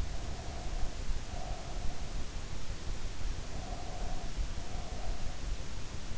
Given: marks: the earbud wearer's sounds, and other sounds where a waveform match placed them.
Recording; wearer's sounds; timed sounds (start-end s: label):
sounds in sleep by an in-ear microphone; breath
0.00-2.21 s: breath
3.32-5.53 s: breath